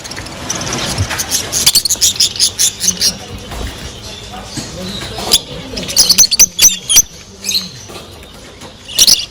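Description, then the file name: Fischer's lovebird chirping, a busy run of shrill, high chirps and squeaky notes in uneven bursts. "nerazlucniki fisera potryasayushhei krasoty krasivoe penie i cirikane nerazlucnikov fisera"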